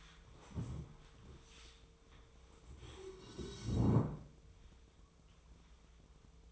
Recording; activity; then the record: daily activity, microphone in the room; stand up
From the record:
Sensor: 1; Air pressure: 1005.4 hPa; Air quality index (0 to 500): 122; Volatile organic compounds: 5 ppm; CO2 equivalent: 1716 ppm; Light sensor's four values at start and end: 11/27/11/12 and 11/26/10/11